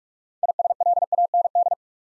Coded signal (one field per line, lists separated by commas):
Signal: Morse code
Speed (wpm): 44 wpm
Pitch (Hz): 700 Hz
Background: none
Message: ISLAND